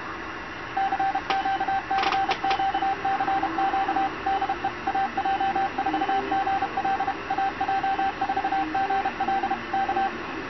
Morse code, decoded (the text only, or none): CQCQCQ DE AJ4GL AJ4GL K